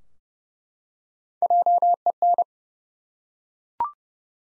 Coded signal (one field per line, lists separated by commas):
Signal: Morse code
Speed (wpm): 30 wpm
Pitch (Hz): 700 Hz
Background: none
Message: JEN